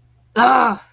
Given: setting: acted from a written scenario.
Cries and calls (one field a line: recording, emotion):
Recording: vocal sound without words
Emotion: anger